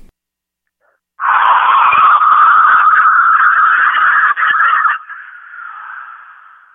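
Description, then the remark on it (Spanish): An instrument imitating wind gives a loud, steady, breathy rush after a brief silence, holding for about four seconds before fading into a softer, lingering whoosh. No one speaks. “Voy a tocar otro artefacto que rememora lo que es el viento.”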